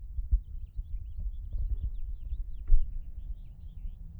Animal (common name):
House Finch